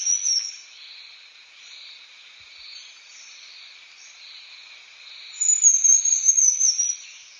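Nepal wren-babbler gives a brief high whistle at the start, then a longer thin, slightly falling whistle later, over a constant throbbing insect chorus.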